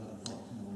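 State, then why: Seated. The pivoting metal side plate of a D4 work rescue descender is closed over the rope and onto the descender's body, giving one sharp click at 0.3 s over a steady low hum. The side plate snaps into its locked position.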